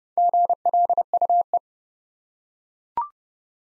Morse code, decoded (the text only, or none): GLUE